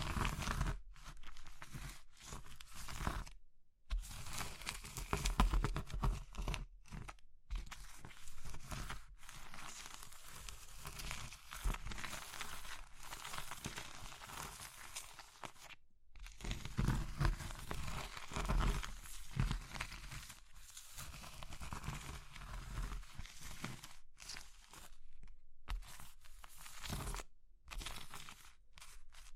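Soft, chalky and crumbly materials are crushed and crumbled in a steady stream of dry crunching and crinkling that runs for the whole stretch. Brief silent gaps break it up near 4, 16 and 27 seconds, with bursts of denser grinding between them.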